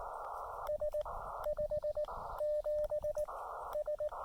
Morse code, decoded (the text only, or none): S57S